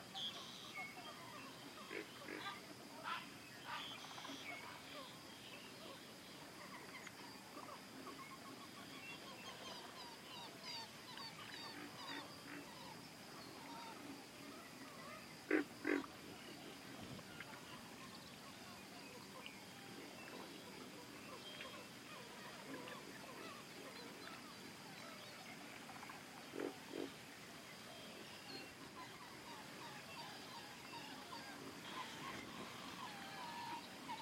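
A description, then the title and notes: A steady outdoor ambience on the north shore of Apopka Lake near Orlando, Florida, with a constant high, thin hiss running throughout. Scattered short calls and clicks pop up irregularly, with a brief louder burst around sixteen seconds and another near twenty-seven. Apopka Lake North Shore. On the north shore of Apopka Lake near Orlando Florida.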